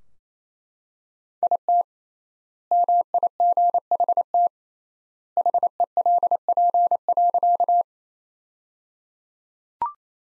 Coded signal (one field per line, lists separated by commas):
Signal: Morse code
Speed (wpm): 28 wpm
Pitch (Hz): 700 Hz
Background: none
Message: IT MIGHT HELP.